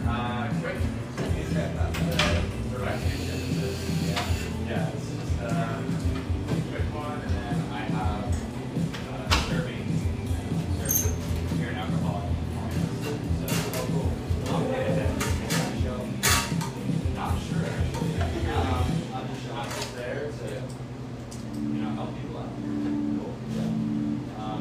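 Café ambience with continuous overlapping chatter from many voices, steady in level throughout. Music plays underneath, with sustained low tones and a clearer melodic line near the end. Frequent sharp clicks and knocks of cups, dishes and doors break through.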